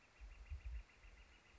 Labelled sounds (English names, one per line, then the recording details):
Northern Flicker
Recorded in Sonoma County, California